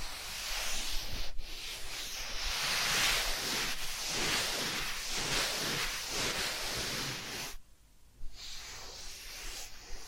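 Ear cleaning and massage sounds: dense, rushing rubbing and scratching that runs steadily, pauses briefly near eight seconds, then resumes more softly.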